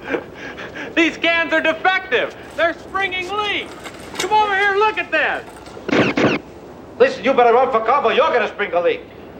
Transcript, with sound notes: "These cans are defective! They're springing leaks! Come over here and look at this!" [sounds of gunshots]
"Listen, you better run for cover, or you're gonna spring a leak!"